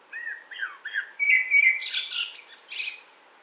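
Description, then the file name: Common blackbird song: a run of whistled notes followed by higher, scratchy twittering, about three seconds in all. "CHyornyi drozd"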